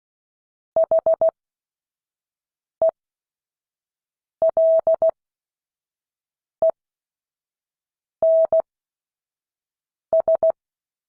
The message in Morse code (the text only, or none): HELENS